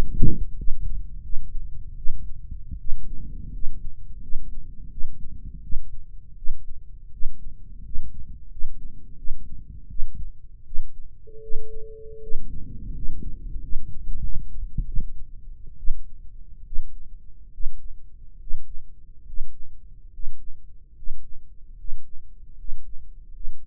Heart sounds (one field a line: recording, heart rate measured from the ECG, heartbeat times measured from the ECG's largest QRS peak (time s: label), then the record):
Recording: heart sounds by microphone in the right ear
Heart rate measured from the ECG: 79 bpm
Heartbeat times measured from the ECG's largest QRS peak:
0.55 s: heartbeat
1.21 s: heartbeat
1.95 s: heartbeat
2.77 s: heartbeat
3.51 s: heartbeat
4.20 s: heartbeat
4.89 s: heartbeat
5.61 s: heartbeat
6.35 s: heartbeat
7.10 s: heartbeat
7.82 s: heartbeat
8.48 s: heartbeat
9.15 s: heartbeat
9.87 s: heartbeat
10.64 s: heartbeat
11.40 s: heartbeat
12.20 s: heartbeat
12.92 s: heartbeat
13.59 s: heartbeat
14.21 s: heartbeat
14.85 s: heartbeat
15.76 s: heartbeat
16.64 s: heartbeat
17.51 s: heartbeat
18.37 s: heartbeat
19.24 s: heartbeat
20.09 s: heartbeat
20.93 s: heartbeat
21.74 s: heartbeat
22.54 s: heartbeat
23.30 s: heartbeat
From the record:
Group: healthy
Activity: rest 0-11 s, breath hold 11-24 s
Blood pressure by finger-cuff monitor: 154/89 mmHg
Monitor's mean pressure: 111 mmHg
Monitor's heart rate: 81 bpm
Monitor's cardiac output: 7.1 L/min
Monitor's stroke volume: 86 mL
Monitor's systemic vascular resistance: 1150 dyn s/cm5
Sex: male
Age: 21 years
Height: 180 cm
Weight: 67.5 kg